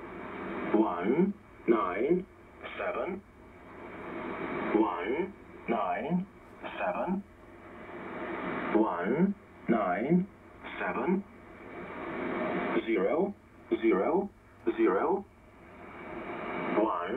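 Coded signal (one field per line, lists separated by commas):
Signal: numbers station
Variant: E07a "The English Man"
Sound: a male voice reads short single words at a steady pace over a narrow radio channel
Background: radio static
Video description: This is E07a "The English Man"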